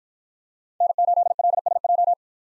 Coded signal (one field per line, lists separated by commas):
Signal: Morse code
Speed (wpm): 53 wpm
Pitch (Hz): 700 Hz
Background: none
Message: N8LSJ